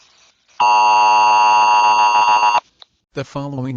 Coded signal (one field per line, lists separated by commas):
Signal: Emergency Alert System (SAME) tones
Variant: 853 and 960 Hz attention tone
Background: speech